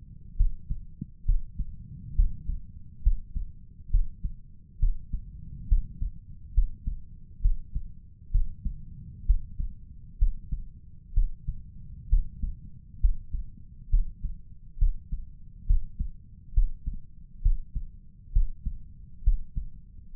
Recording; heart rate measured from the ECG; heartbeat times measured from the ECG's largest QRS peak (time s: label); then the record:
heart sounds by stethoscope; 67 bpm
0.36 s: heartbeat
1.25 s: heartbeat
2.15 s: heartbeat
3.02 s: heartbeat
3.90 s: heartbeat
4.79 s: heartbeat
5.68 s: heartbeat
6.54 s: heartbeat
7.41 s: heartbeat
8.31 s: heartbeat
9.26 s: heartbeat
10.18 s: heartbeat
11.13 s: heartbeat
12.09 s: heartbeat
13.00 s: heartbeat
13.90 s: heartbeat
14.78 s: heartbeat
15.66 s: heartbeat
16.53 s: heartbeat
17.42 s: heartbeat
18.32 s: heartbeat
19.23 s: heartbeat
20.14 s: heartbeat
From the record:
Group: healthy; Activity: rest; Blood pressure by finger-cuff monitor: 139/87 mmHg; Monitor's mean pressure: 106 mmHg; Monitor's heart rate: 67 bpm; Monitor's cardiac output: 5.3 L/min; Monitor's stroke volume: 78 mL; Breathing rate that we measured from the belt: 18 breaths a minute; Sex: male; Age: 35 years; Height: 178 cm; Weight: 64 kg